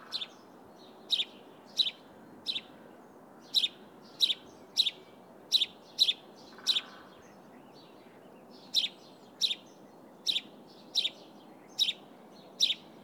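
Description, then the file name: House sparrow giving repeated sharp chirps in irregular runs, a pause of about two seconds midway, over a constant low hum. "Passer domesticus"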